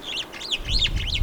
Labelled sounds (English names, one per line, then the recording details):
Superb Starling flight call
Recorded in Kenya